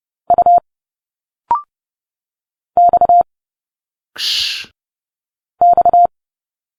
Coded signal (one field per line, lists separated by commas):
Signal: Morse code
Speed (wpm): 29 wpm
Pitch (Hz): 700 Hz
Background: none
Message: U X X